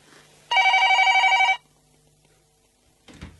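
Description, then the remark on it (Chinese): A telephone bell rings at home in one continuous burst of about a second, a bright, harmonically rich trill with a rapid warble, followed by quiet and a soft rustle. “我听到警钟声，擘大眼，原来系电话响。”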